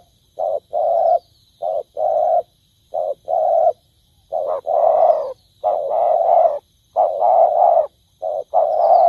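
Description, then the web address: Spotted dove cooing in a steady run of low, mellow phrases. Each phrase pairs a short note with a longer one, and the pairs come roughly every second or two. Cooing (Vietnamese: gáy). "tieng cu dat gay. tieng dong vat"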